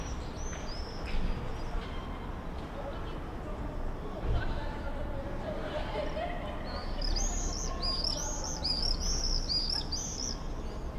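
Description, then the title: Common swift screaming, sparse early, then a dense run of piercing trilled screams in the last four seconds over a constant low hum. Summer evening in a backyard in Bytom, Poland; many swifts circling; recorded with Zoom F4 and AT BP4025. "Zygmunta Starego 3, Bytom, Poland - Backyard swifts"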